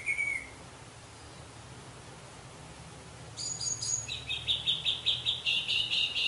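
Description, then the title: Orange-headed thrush with one brief whistled note, a pause, then a quick series of sharp, high repeated chirps building into a rhythmic chattering phrase. "Anis Merah"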